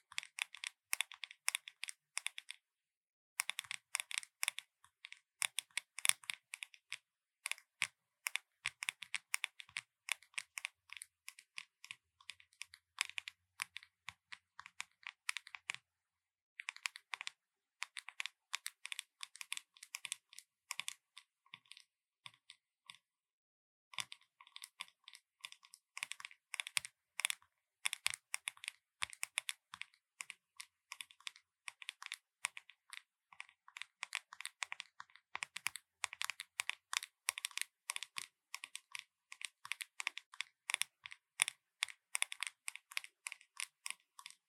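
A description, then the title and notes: Makeup tapping: quick, dense clicks and taps, mostly crisp and bright, fired off in rapid runs much like typing on a keyboard. The rhythm is busy but uneven, with brief pauses around 3, 16 and 23 seconds before the tapping resumes. ASMR 美妝用品敲擊聲 | Makeup Tapping | NO Talking.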